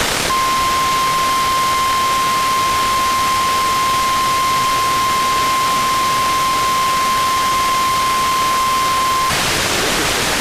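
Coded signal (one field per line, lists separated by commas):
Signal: Emergency Alert System (SAME) tones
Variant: 1050 Hz attention tone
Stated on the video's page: NOAA Weather Radio weekly tests.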